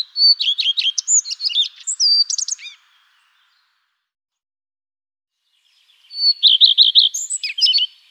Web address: birdify. phoenicurus phoenicurus